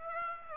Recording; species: mosquito wingbeat signal from an infrared sensor; Aedes aegypti